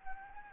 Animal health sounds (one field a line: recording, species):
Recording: mosquito wingbeat signal from an infrared sensor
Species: Anopheles gambiae